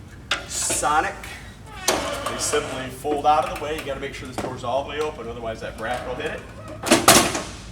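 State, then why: Seated. Fold-out metal entry steps on a 2021 Venture RV Sonic SN231VRL Ultra-Lite travel trailer are swung down into their door-frame bracket, with the door needing to be all the way open so the bracket doesn't hit it. Someone talks throughout, with brief knocks near 0.3 s and 1.9 s. A sharp metallic hit at 7.1 s marks the step snapping into place, seated in its bracket.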